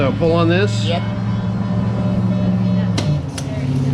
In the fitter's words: ah it just pops right in